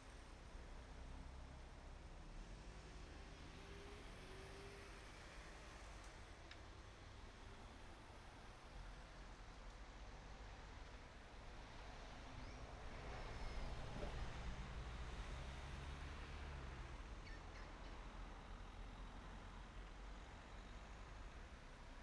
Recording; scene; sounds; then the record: everyday scene through a hearing-aid microphone; in traffic; traffic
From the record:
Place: main road on the outskirts, rush hour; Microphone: behind the ear, right, front